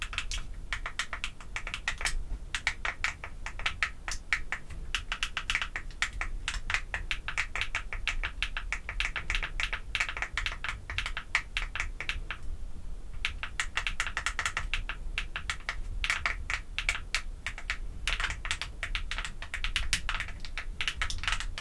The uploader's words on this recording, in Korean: 두피에 소름돋는 인조손톱 태핑 | 향수, 뚜껑 등.